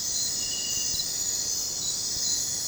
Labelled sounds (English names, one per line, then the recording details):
none
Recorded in dense forest near Puerto Asís, Putumayo, Colombia, on 21 December 2024 at 00:30
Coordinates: 0.466, -76.327
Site G075